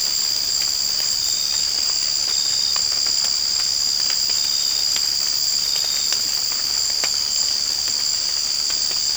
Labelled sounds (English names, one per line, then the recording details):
none
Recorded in secondary vegetation near Puerto Asís, Putumayo, Colombia, on 8 March 2025 at 03:30
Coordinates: 0.502, -76.326
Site G100